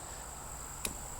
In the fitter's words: pull directly out on it and it pops out and this bulb is a 7443 and